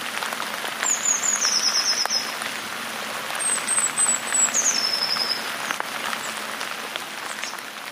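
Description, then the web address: Eurasian blue tit giving high, thin sliding notes followed by a fast, slightly lower trill, twice in succession. "wroblowe teka modraszkoteka"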